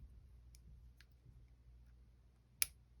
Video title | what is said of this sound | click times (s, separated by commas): Bachmann (HO) 45 Tonner Gear Fix/Adjustment | All right, I just snapped it in. | 2.6 s